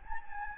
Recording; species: mosquito wingbeat signal from an infrared sensor; Anopheles gambiae